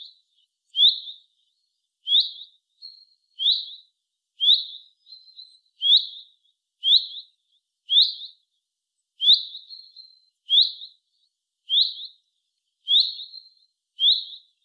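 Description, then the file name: Common chaffinch giving many sharp, bright chip-like calls at irregular intervals, some followed by a fainter trailing note. "Fringilla coelebs"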